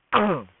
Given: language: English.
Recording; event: throat vibration sensor signal played as sound; throat clearing